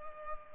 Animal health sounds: mosquito wingbeat signal from an infrared sensor; Culex pipiens

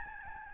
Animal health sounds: mosquito wingbeat signal from an infrared sensor; Aedes albopictus

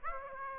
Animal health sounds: mosquito wingbeat signal from an infrared sensor; Aedes aegypti

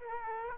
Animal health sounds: mosquito wingbeat signal from an infrared sensor; Aedes aegypti

